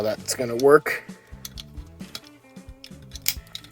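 A plastic toy zord piece is pressed onto the megazord during the combination while someone talks over background music. Several small plastic knocks are heard, but the piece has not clicked into place yet.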